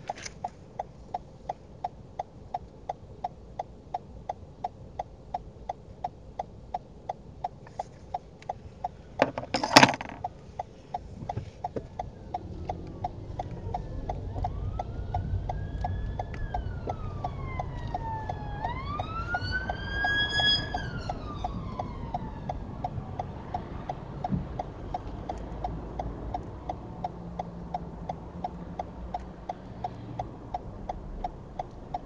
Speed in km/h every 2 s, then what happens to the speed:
0, 0, 0, 0, 0, 3, 8, 8, 6, 5, 0, 0, 0, 0, 0, 0.
0-9 standing. 9-12 pulls away to 8. 12-20 slows to 0. 20-32 standing.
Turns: none.